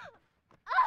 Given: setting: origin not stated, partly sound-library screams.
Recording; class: one-second piece from a danger detection set; woman in danger